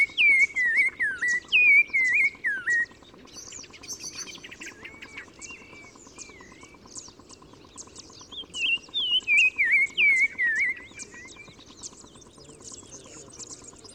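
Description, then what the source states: Black-crowned tchagra song: loud series of rich whistled notes in two bouts of about three seconds, with softer chirps of other birds between. Recorded 15 March 2000 at Oued Massa, Morocco, in spring in gardens around Zaouit Massa village at the river mouth; sings in hedges and bushes; repeated phrase; Nagra Ares BB with Telinga Pro6.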